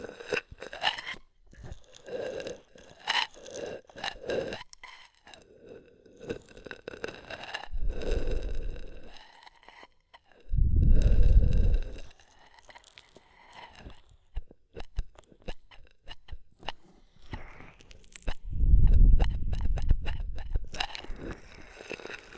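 Ear massage with oil and foam: wet, squishy rubbing and crackling textures in bursts, with quick tapping and scratching strokes early on. Deeper swells of muffled rubbing rise around 8, 11 and 19 seconds, between quieter stretches of soft, fizzy crackle.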